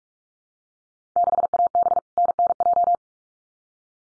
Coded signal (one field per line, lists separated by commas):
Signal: Morse code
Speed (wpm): 46 wpm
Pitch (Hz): 700 Hz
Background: none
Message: 6AB NNJ